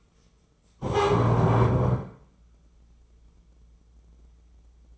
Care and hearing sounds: daily activity, microphone in the room; stand up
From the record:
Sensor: 1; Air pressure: 996.0 hPa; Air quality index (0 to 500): 234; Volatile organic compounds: 1000 ppm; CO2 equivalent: 6814 ppm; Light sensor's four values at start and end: 34/84/36/43 and 33/80/35/42

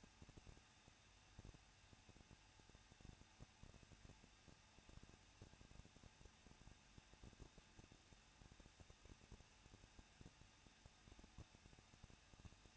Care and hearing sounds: daily activity, microphone in the room; no activity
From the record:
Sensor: 2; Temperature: 21.0 degrees Celsius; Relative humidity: 37.4%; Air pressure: 1006.2 hPa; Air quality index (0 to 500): 222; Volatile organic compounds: 24 ppm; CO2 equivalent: 2810 ppm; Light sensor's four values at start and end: 2/3/2/2 and 2/3/2/2

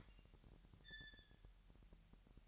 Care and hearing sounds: daily activity, microphone in the room; open fridge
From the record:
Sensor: 3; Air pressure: 1001.9 hPa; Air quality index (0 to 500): 240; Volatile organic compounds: 45 ppm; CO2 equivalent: 3227 ppm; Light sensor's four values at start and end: 12/37/16/13 and 12/37/16/13

